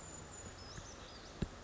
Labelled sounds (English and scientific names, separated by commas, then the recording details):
Brown Creeper (Certhia americana)
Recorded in Sonoma County, California